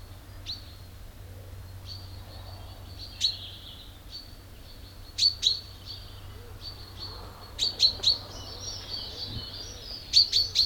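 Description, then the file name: Common chaffinch calls: short, sharp high notes, often in pairs or threes, spaced irregularly. "Fringilla coelebs"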